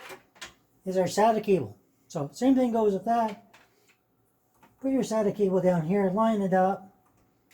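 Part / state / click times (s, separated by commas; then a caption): SATA cable connector into a drive port in a PC case / not seated / none. A SATA cable connector is lined up with a drive's port in a PC case, while someone talks. Short faint handling knocks are heard near the start. The clip ends before the connector is pushed home, so nothing has seated or clicked yet.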